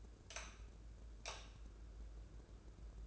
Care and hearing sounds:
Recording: daily activity, microphone in the room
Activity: light on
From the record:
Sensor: 2

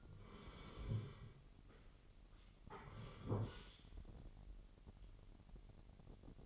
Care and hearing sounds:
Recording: daily activity, microphone in the room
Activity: sit down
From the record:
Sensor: 4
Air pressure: 999.4 hPa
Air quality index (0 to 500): 110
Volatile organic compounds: 2 ppm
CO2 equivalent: 1085 ppm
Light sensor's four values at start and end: 11/25/10/11 and 11/26/10/11

